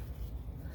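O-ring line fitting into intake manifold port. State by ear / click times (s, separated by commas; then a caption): not seated / none. An O-ring line fitting is handled at its intake manifold port during an intake manifold replacement on a 1999 Pontiac Bonneville 3800 engine. Only a steady low rumble with faint handling noise is heard, with no sharp hit. Nothing has seated or clicked yet.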